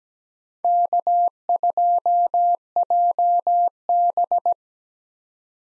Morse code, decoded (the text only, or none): K2JB